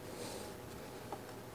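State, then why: Seated. A plastic wiring harness connector is pushed by hand onto the socket on the back of the alternator of a Mercedes C300 W205. Over a steady background hiss, one short, sharp click sounds at 1.1 s as the connector snaps in and seats fully. No one talks.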